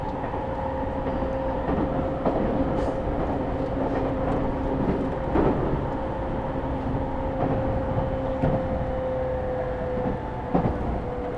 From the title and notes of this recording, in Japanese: 東京メトロ 飯田橋→西船橋。津田沼行きの快速に乗車していますので、車両はＪＲの車両です。通勤時間帯なのでかなり混雑してきましたが。